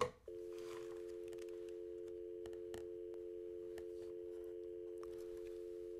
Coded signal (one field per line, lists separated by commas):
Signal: telephone call progress tone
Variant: North America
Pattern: dial tone